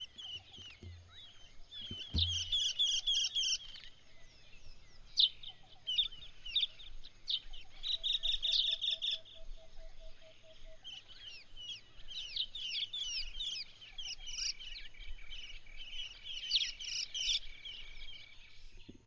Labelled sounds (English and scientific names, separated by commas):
Gray-headed Social-weaver (Pseudonigrita arnaudi)